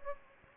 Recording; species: mosquito wingbeat signal from an infrared sensor; Anopheles gambiae